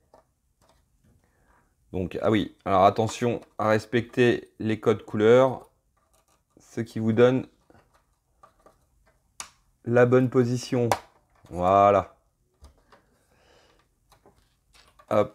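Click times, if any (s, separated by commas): 9.4 s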